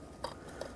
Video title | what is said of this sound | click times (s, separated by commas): How to Replace Spark Plugs 2009-2019 Ford Flex | make sure that you push it on until it clicks and then don't forget to lock this into place | 0.2 s